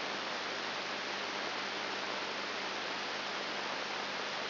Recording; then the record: brain microelectrode recording played as sound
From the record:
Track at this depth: inside the subthalamic nucleus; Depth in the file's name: 4.301 mm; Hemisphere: left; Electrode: 3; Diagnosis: Parkinson's disease